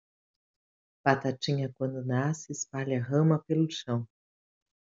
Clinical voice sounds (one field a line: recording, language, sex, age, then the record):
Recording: short text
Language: Brazilian Portuguese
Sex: female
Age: 40 to 49 years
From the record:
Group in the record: control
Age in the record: 44 years